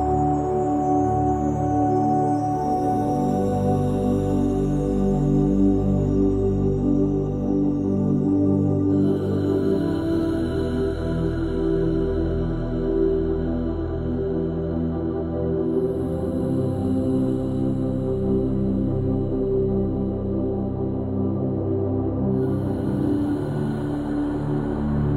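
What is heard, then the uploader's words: Low, steady drone of sustained tones with slow beating, layered like resonant bowl-like hums concentrated in the low and middle range. The loudness never changes, while a faint airy hiss above shifts subtly around ten, sixteen and twenty-two seconds. Delta sleep brainwaves, binaural beats.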